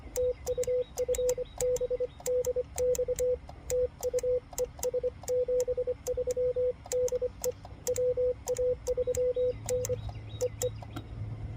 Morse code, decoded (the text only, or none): TU FB DX TU ES 73 DE WA3NEE